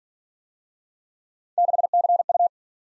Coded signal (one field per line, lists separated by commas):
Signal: Morse code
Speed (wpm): 49 wpm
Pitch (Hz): 700 Hz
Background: none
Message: 6CU